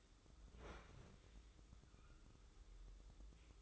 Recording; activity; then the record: daily activity, microphone in the room; open fridge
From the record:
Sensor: 3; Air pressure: 995.3 hPa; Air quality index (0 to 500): 78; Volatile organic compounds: 6 ppm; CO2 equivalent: 1836 ppm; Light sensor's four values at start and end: 19/56/24/21 and 19/56/24/21